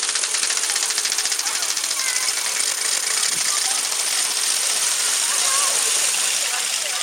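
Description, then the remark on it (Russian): A traditional ratchet noisemaker called a rehtachka is spun continuously for about seven seconds, giving a loud, harsh, rapid clatter of clicks that stays steady and dense from start to finish. “Такой страшный звук, очень громкий. А как называется она? Рехтачка.”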